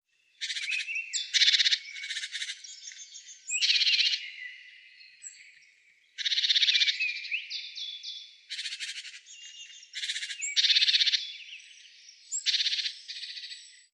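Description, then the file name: Great tit calling in dense, harsh, buzzy churring bursts. The bursts run almost continuously, broken by brief gaps, with some thinner whistled notes mixed in. "Parus major"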